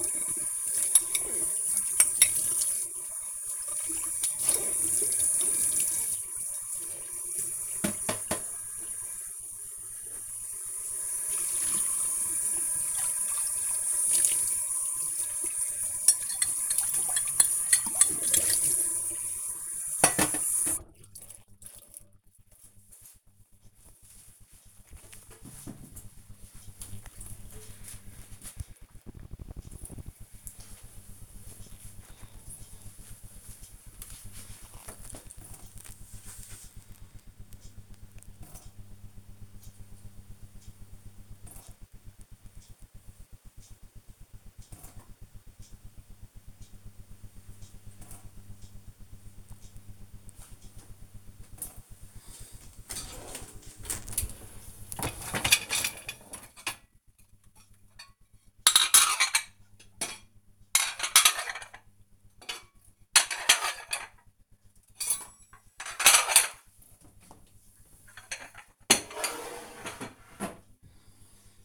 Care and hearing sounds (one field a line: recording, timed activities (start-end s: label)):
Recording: household activities, microphone on the right wrist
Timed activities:
0.00-20.39 s: washing dishes
50.62-71.65 s: cleaning out the dishwasher